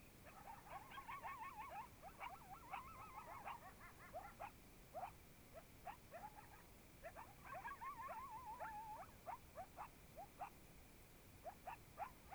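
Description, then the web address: Coyotes in a yipping chorus, with quick yelps and warbling, wavering howls overlapping in bursts throughout, over a steady high-pitched whine. Coyotes in Oregon, 2015. "GDC 2018-Game Audio Bundle Discover Oregon - Coyotes Coyotes 2015 Medlock Loudest Quiet Coyotes"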